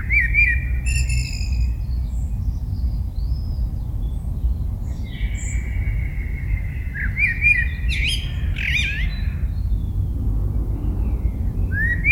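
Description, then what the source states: Eurasian blackbird song: a rich whistled phrase with a high squeaky tail, a long pause, then more fluty notes and twitters over a low rumble. Recorded in 2018.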